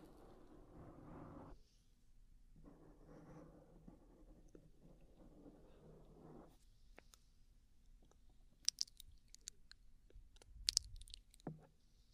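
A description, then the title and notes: Intense mouth sounds: wet, smacking bursts come in two stretches, from the start to about 2 seconds and again from roughly 2.5 to 6.5 seconds. After that a low hum remains, broken by sharp clicks and pops, with the loudest snaps near 9 and 11 seconds. Intense Mouth Sounds.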